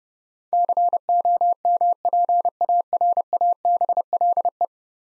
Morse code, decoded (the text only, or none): COMPARABLE